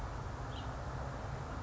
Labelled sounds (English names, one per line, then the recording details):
Northern Flicker
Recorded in Sonoma County, California